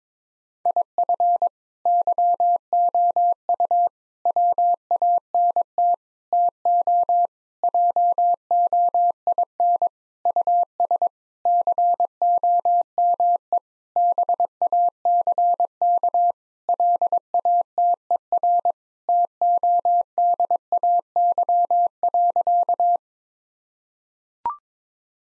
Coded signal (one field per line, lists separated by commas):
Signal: Morse code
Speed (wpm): 22 wpm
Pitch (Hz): 700 Hz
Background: none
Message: IF YOU WANT TO JOIN US COME BACK LATER TODAY.